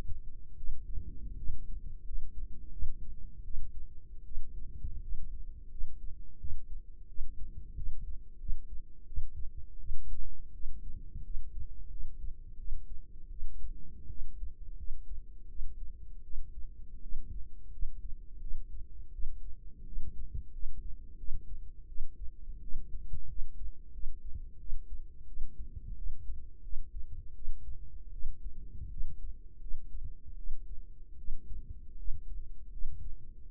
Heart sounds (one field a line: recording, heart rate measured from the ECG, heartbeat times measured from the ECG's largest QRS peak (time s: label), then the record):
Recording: heart sounds by microphone in the right ear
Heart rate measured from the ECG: 84 bpm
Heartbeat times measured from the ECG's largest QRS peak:
0.57 s: heartbeat
1.36 s: heartbeat
2.04 s: heartbeat
2.71 s: heartbeat
3.44 s: heartbeat
4.24 s: heartbeat
5.01 s: heartbeat
5.70 s: heartbeat
6.39 s: heartbeat
7.08 s: heartbeat
7.75 s: heartbeat
8.39 s: heartbeat
9.06 s: heartbeat
9.79 s: heartbeat
10.53 s: heartbeat
11.23 s: heartbeat
11.89 s: heartbeat
12.57 s: heartbeat
13.30 s: heartbeat
14.09 s: heartbeat
14.76 s: heartbeat
15.48 s: heartbeat
16.23 s: heartbeat
17.01 s: heartbeat
17.71 s: heartbeat
18.40 s: heartbeat
19.12 s: heartbeat
19.85 s: heartbeat
20.52 s: heartbeat
21.17 s: heartbeat
21.87 s: heartbeat
22.61 s: heartbeat
23.28 s: heartbeat
23.92 s: heartbeat
24.59 s: heartbeat
25.26 s: heartbeat
25.96 s: heartbeat
26.62 s: heartbeat
27.34 s: heartbeat
28.12 s: heartbeat
28.90 s: heartbeat
29.60 s: heartbeat
30.36 s: heartbeat
31.17 s: heartbeat
31.97 s: heartbeat
32.71 s: heartbeat
33.45 s: heartbeat
From the record:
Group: healthy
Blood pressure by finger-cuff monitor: 99/54 mmHg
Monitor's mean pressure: 67 mmHg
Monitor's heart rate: 86 bpm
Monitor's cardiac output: 7.8 L/min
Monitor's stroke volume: 91 mL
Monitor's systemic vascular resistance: 610 dyn s/cm5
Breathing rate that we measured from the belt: 20 breaths a minute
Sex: female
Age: 22 years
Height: 157 cm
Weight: 47.6 kg